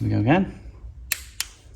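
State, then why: Torque reached. Someone talks briefly, then a clicker torque wrench tightening a cam belt tensioner bolt to 26 newton meters on a Ducati Monster S2R 1000 gives two sharp clicks at 1.1 s and 1.4 s. The wrench clicks at its setting, confirming the bolt has reached torque, so it should not be pushed further.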